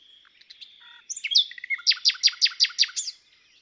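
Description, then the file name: Common nightingale song: soft piping notes and thin whistles build into a loud, even series of about seven sharp, descending chirps, then stop abruptly. "Luscinia megarhynchos"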